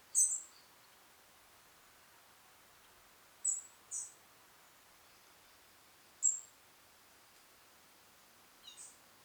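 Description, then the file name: European robin giving high, thin, piercing call notes at irregular intervals, some in quick pairs, against soft background hiss. "Erithacus rubecula"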